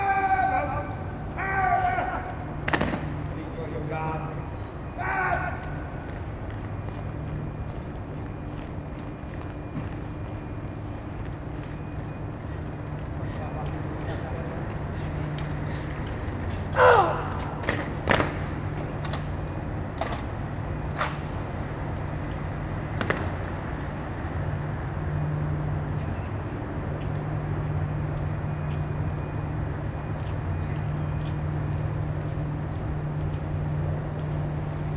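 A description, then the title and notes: Early morning drill practice outdoors, with a few loud shouted commands in the first five seconds. Sharp, crisp stamps or thuds ring out around 3, 17, 20 and 23 seconds, while a steady low engine-like rumble hums underneath throughout. Members of the military do early morning drill practice. The large parade ground at the front of the barracks is damp.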